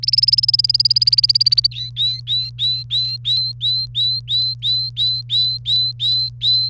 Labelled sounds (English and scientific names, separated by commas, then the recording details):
Domestic Canary (Serinus canaria) song
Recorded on 1 May 2018 at 14:57
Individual llb3